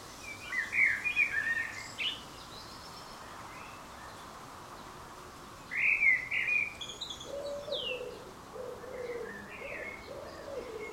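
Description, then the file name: Common blackbird singing short warbled, fluty phrases in a few bursts, while a low soft cooing repeats in the background. "Turdus merula"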